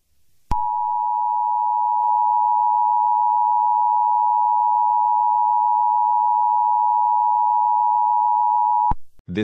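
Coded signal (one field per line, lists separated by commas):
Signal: Emergency Alert System (SAME) tones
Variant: 853 and 960 Hz attention tone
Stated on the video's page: Fictional simulated EAS scenario.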